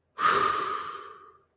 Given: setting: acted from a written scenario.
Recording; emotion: vocal sound without words; relief